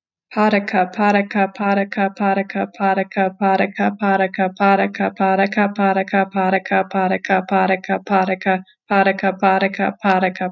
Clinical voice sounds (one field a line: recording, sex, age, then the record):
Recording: repeated syllables /pa ta ka/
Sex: female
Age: 20 to 29 years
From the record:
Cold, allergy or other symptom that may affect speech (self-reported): no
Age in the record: 25 years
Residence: Ohio, United States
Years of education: 16